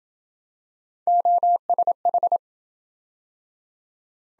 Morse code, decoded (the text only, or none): OSH